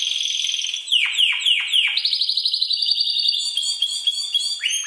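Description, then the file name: Canary song mixing quick descending swooped notes repeated several times with fast rolling trills and a sustained whistled tone. "Canary Singing"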